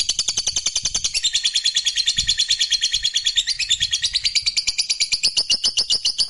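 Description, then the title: Lovebird trilling steadily, a dense stream of rapid shrill chattering notes without pause, with faint low thumps underneath. Fighter lovebird giving a long ngekek trill. "Begitu Dengar Suara Lovebird FIGHTER NGEKEK PANJANG"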